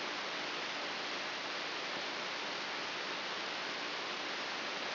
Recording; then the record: brain microelectrode recording played as sound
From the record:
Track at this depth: inside the subthalamic nucleus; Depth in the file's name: 1.456 mm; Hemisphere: left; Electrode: 2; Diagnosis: Parkinson's disease